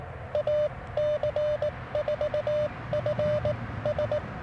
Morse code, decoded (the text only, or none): AC4FS